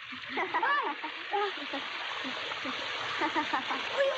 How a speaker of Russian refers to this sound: Влад стоит голышом под шлангом, из которого моют вагоны. Виктор включает воду.